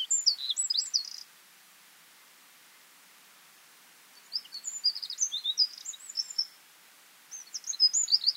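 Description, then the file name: Eurasian wren in three bursts of fast high chirps and ticks, separated by quiet gaps with light background hiss. "Troglodytes troglodytes"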